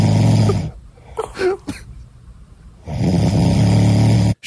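Two loud, deep, rattling snores from a sleeping adult man are separated by a quieter stretch of soft breathy sounds, a snort and a brief whistle-like rasp that sounds like Darth Vader. This is ordinary heavy snoring during deep sleep, with low-pitched vibration on each breath.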